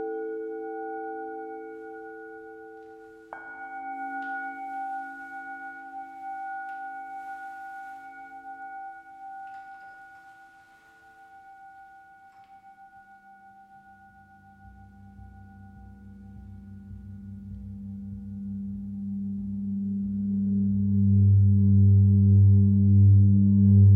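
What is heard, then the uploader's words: A sound bath opens with steady ringing tones from a singing bowl, a fresh strike near three seconds renewing the hum. A few light taps follow. From about fifteen seconds a deep, pulsing drone swells and grows steadily louder toward the end. Sound bath.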